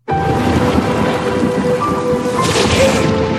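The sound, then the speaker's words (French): A loud thunderstorm: heavy rain pours in a steady, dense roar while deep thunder rumbles underneath throughout, with a brighter hiss of rain swelling near the end. “Moi aussi, j'avais peur de l'orage à ton âge.”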